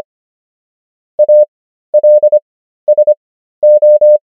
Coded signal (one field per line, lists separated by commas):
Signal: Morse code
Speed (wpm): 25 wpm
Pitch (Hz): 600 Hz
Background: none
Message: ALSO